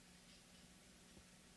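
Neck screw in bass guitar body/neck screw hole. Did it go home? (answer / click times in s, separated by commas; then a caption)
no / none. A neck screw is handled in the neck screw hole of a Fender Jazz Bass body, being turned counterclockwise to find the start of the existing thread in the wood. Only a quiet, steady low hum with faint handling noise is heard. Nothing has seated or clicked yet.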